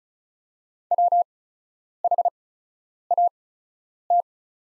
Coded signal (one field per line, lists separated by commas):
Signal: Morse code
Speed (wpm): 34 wpm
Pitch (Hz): 700 Hz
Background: none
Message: WHAT